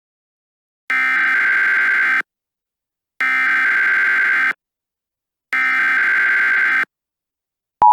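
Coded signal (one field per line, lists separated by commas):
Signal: Emergency Alert System (SAME) tones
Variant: header bursts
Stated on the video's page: Fictional EAS scenario about a runaway train.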